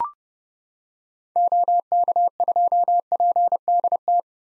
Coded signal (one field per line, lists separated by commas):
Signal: Morse code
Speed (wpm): 30 wpm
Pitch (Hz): 700 Hz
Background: none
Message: OK2PDT